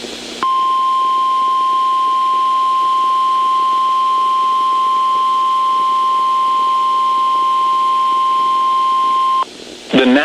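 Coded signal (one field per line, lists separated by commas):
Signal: Emergency Alert System (SAME) tones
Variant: 1050 Hz attention tone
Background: speech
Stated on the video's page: Severe Thunderstorm Watch received on weather radio station KEC76.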